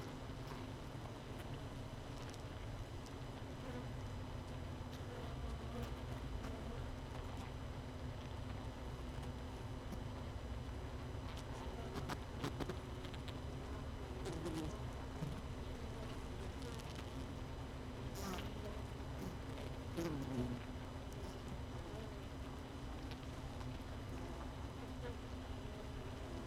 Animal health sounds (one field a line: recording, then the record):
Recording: honeybee colony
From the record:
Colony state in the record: missing queen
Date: 31 May 2018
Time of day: 18:04